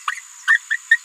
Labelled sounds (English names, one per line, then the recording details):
Green-rumped Parrotlet babbling
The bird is a female
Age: 27 days
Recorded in a nest box in Venezuela
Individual 17B73B2